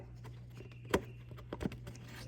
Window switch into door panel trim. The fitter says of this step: right, so these little ears kind of lock into here.